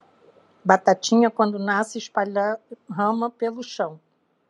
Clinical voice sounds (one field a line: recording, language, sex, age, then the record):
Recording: short text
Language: Brazilian Portuguese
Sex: female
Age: 60 to 69 years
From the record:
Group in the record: control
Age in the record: 61 years